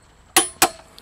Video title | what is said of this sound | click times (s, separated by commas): Rough Country Spare Tire Relocation Bracket Install | we got our last and final click now all we have to do is reassemble the little housing | 0.4 s, 0.6 s